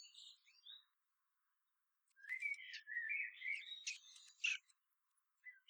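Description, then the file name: Common blackbird song: soft high twitters, a pause, then a run of warbled phrases with scratchy squeaky notes, ending in a short whistle. "Turdus merula"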